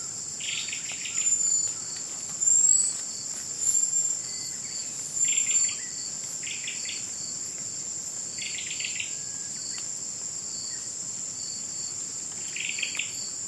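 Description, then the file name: Japanese robin sings brief, rapid rattled trills at irregular intervals, set against a steady, piercing insect hum. "akahige"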